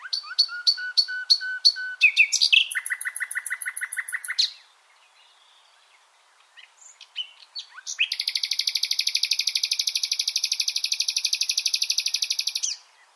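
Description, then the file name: Common nightingale singing varied phrases: a row of sharp repeated notes over a low whistle, then rapid chattering trills, a pause, and a long buzzy rattling trill. "Luscinia megarhynchos"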